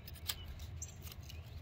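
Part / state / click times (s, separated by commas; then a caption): wiring harness connector into high pressure fuel pump / not seated / none. A wiring harness connector is handled at the high pressure fuel pump of a 2017 Ford Fusion after the pump bolt has been tightened. Light scrapes and small ticks are heard over a low rumble. Nothing has seated or clicked yet.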